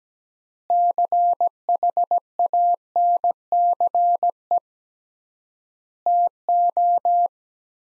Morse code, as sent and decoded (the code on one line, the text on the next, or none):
-.-. .... .- -. -.-. . / - ---
CHANCE TO